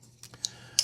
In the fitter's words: hear that nice click nice 90 good solid pop there